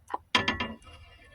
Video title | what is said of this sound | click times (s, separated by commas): Video Re-do: 95-01 Ranger 2.5 Timing Belt Part 2 | put our spark plug wire back on. Make sure it clicks. | 0.3 s